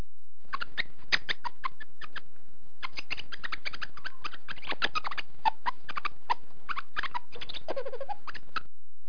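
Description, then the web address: Lemur calls: rapid, irregular clicking bursts, a short pause around two seconds, then more bursts. "webster. LEMUR"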